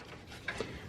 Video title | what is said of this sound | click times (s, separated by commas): HOW TO REMOVE/INSTALL REAR TAIL LIGHTS ON 2007-2013 CHEVY/GMC SILVERADO/SIERRA - SHINEHOME | you'll hear it clicked in so uh | 0.5 s